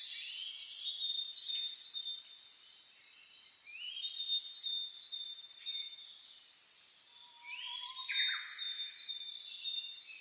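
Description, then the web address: Birds singing in chorus, continuous overlapping high chirps and rising whistles, with a short low whistle near the end. Dawn chorus recorded on 10 May 2010. "reimei -saezuri-20100510-0401"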